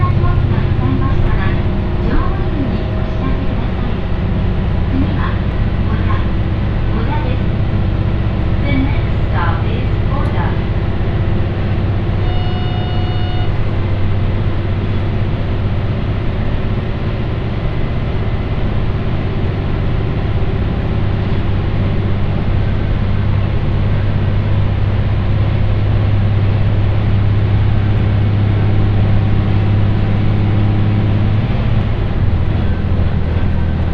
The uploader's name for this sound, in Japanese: 井原鉄道 道上→神辺→備中呉妹